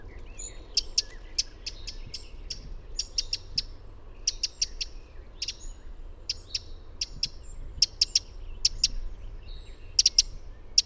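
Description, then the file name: Eurasian wren calling with hard, clicking ticks in rapid short runs, some louder and some fainter, over a soft low background hum. "Troglodytes troglodytes"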